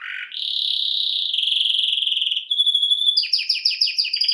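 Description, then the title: Domestic canary song: a rising whistle into a steady buzzy trill, then a fast run of repeated downslurred notes. Male Belgian canary singing a lot, to warm up young birds. "Esquente Seu Filhote E Canario Belga Macho Cantando Muito"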